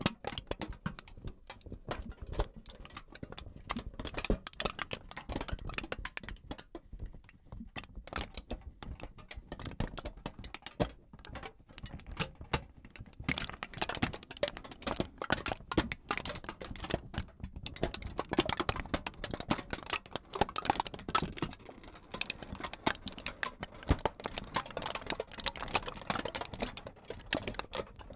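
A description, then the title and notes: Tin foil crinkles and crackles, a dense, steady stream of sharp, bright clicks lasting throughout. ASMR Tin Foil Tingles.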